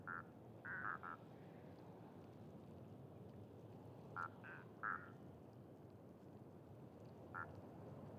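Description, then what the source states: Duck quacks: a quick cluster of nasal quacks at the start, a few more around four to five seconds, and a single quack near the end. Ducks with unusual calls at a pond beside a site staging scarecrows in gory scenes; recorded with Sonosax SXM2D2, iPhone, MS mkh30/40 microphones in Cinela PIA2.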